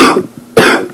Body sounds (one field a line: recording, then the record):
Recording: coughing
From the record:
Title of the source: Coughing 77